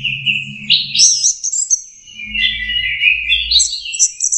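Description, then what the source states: Orange-headed thrush song, a sliding whistle rising into quick high warbles, then a lower drawn-out whistled passage, over a low hum. Master recording for training Anis Kembang birds; 'teler' song style, version 4.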